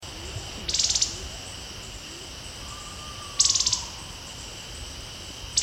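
Plumed longbill song: brief, very high, buzzy notes roughly every three seconds over a constant high insect hum, with one faint drawn-out falling whistle between them.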